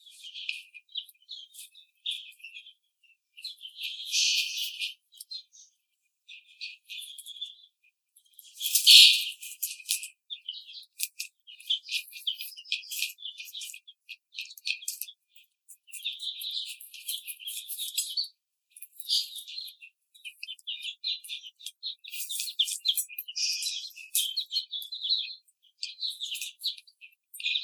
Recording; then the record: young laying hens in a cage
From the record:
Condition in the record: treatment cage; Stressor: simulated dog barking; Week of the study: 5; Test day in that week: 1